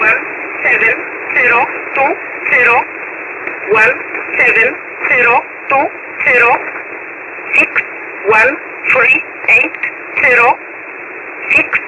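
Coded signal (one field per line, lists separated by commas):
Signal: numbers station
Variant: E11, English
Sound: woman's voice reading short English number words at an even pace over band-limited radio hiss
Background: radio static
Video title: 10356kHz USB Polish Number Station E11 calling 266 (Jun 19, 2025)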